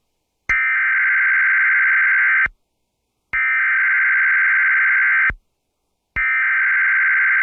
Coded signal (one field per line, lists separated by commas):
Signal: Emergency Alert System (SAME) tones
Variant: header bursts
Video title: EAS Severe Thunderstorm Watch #188 Columbia, SC WXRY 99.3 FM EASyPLUS alert (Comp. Comin' Soon)